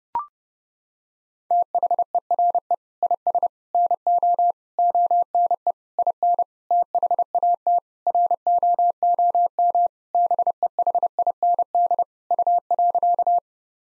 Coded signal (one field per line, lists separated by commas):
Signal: Morse code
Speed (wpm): 30 wpm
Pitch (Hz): 700 Hz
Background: none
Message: THERE IS NO ONE IN THAT ROOM BEHIND U.